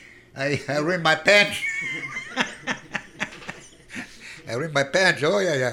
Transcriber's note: he laughs